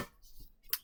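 A magazine is released from the grip of a pistol during a dry demonstration of the pistol's cycle of operation. A single sharp click sounds at 0.7 s as the catch lets go, and the magazine comes free.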